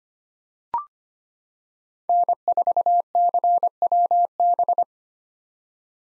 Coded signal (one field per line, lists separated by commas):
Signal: Morse code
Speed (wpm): 25 wpm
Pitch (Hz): 700 Hz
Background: none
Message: N4CWB